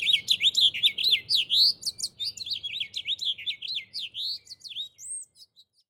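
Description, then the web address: House finch song, a bright tumbling warble of quick twittering and slurred notes that gradually softens and trails off near the end. Western North America. "Songs of Birds of North America Know Your Bird Sounds. House Finch"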